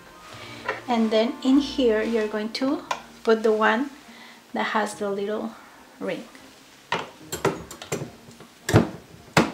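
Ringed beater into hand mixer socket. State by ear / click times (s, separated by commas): seated / 9.4 s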